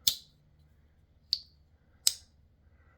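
The blade of a Rough Ryder Apta slip joint folding knife, with a VG10 blade and Micarta handle, is cycled open and closed against its backspring. Three sharp, bright clicks land at 0.1, 1.3 and 2.1 seconds over a quiet low hum. The blade seats with a mild snap, a little clicky but not as snappy as another knife.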